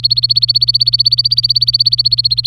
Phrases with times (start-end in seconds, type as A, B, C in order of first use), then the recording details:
0.00-2.46 A. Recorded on 24 April 2018 at 13:12. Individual llb3